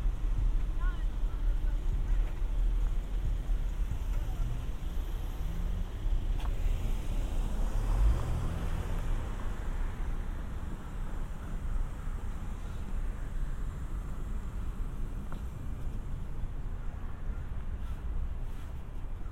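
A binaural recording of a walk through San Diego, with a steady low rumble of traffic throughout. Around eight seconds a vehicle swells past and fades, while faint voices and scattered clicks sit beneath the constant hum.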